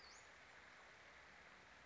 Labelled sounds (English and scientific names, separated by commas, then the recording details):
Western Flycatcher (Empidonax difficilis)
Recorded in Sonoma County, California